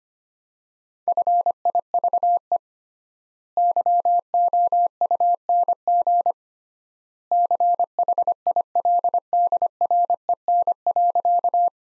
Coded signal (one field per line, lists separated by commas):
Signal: Morse code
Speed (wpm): 25 wpm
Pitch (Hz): 700 Hz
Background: none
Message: FIVE YOUNG CHILDREN.